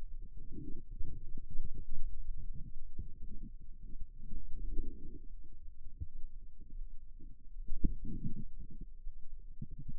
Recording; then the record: forearm muscle sounds (acoustic myography)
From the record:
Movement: radial deviation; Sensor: system 2, bracelet of six BSWA MPA416 microphones around the upper forearm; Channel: 3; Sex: female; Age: 23 years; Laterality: right